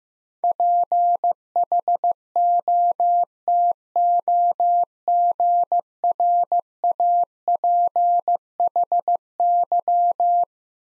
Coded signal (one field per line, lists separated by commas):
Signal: Morse code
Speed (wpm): 16 wpm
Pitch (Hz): 700 Hz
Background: none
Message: PHOTOGRAPHY